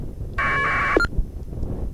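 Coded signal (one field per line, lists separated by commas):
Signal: packet radio (AX.25, as in APRS)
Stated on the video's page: APRS packets through the ISS UHF digipeater on a near-overhead pass, received on a Kenwood TH-D72A handheld and recorded.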